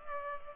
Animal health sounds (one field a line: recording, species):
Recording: mosquito wingbeat signal from an infrared sensor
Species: Culex pipiens